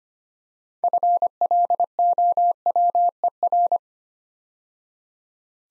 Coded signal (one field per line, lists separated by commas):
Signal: Morse code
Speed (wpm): 25 wpm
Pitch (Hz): 700 Hz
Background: none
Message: FLOWER